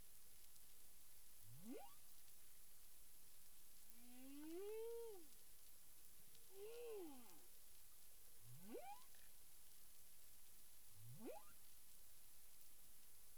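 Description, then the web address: Humpback whale calls: a quick low-to-high upsweep, then two arched, moaning notes that rise and fall, then two more upsweeps, spaced a few seconds apart over a steady high hiss. Caribbean, 9 April 2002, 18:36 UTC. "humpback whale 20020409 183653 UTC"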